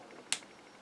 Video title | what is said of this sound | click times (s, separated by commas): TITEN BULD PART 2 | ah don't know if you had that click | 0.3 s